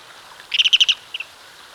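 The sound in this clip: Ruddy turnstone call: a quick burst of five hard, clipped notes, followed by a softer pair after a short pause.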